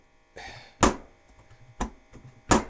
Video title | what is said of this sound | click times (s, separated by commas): BougeRV 53 Quart Portable 12 Volt Fridge/Freezer Review Memorial Day Sale | see you see that i'm dropping that and it's it's not latching | none